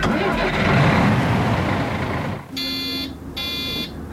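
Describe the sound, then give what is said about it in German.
A Rheinbahn city bus in Düsseldorf starts its engine with a loud, rough rumble that settles into a steady drone, followed by two high electronic buzzing beeps. “Studenten, die morgens dieses Geräusch gehört haben, mussten danach oft erstmal die Luft anhalten. Und zwar nicht wegen des Auspuffqualms, sondern weil sie beim Einsteigen in den überfüllten Bus oder die Bahn kaum noch Luft bekommen haben.”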